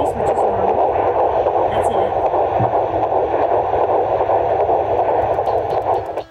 Heartbeat is in the 150s, which is normal.